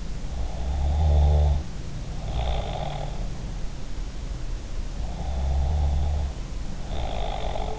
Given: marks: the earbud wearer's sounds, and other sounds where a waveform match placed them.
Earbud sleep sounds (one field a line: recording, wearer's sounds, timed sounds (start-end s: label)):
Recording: sounds in sleep by an in-ear microphone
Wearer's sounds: snoring breath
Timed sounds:
0.64-3.07 s: snoring breath
5.22-7.79 s: snoring breath